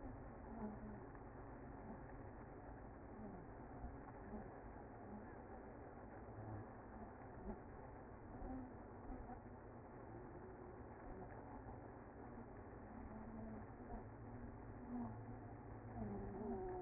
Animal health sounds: honeybee colony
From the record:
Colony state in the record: active

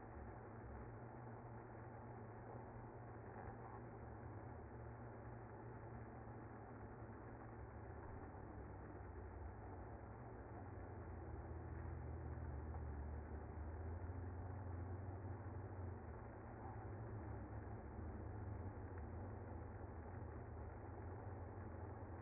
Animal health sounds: honeybee colony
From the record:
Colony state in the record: active

